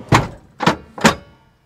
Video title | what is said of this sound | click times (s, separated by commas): Volkswagen California T6 - Démonstration complète | par le petit clic je m'assure qu'elle est bien bloquée | 0.7 s